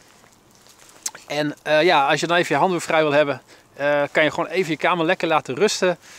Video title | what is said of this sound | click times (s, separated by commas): Maart roert zijn staart - Landschapsfotografie - Peak Design Captor V3 - #112 | En je kunt heel gemakkelijk de camera erin klikken. | 1.1 s